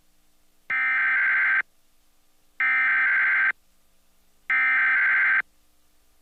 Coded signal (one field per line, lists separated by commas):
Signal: Emergency Alert System (SAME) tones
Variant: header bursts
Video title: PBS Kids Program Break (2005 WNED) with EAS Required Weekly Test